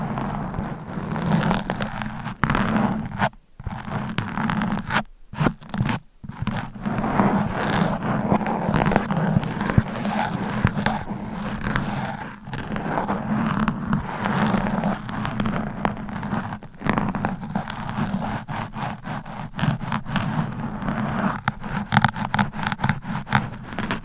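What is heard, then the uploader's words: Nails scratching a microphone in quick, dense strokes, scraping and rustling, with a few brief silent gaps near five seconds. ASMR Mic Scratching Brain Scratching with Different Nail Shapes Asmr No Talking.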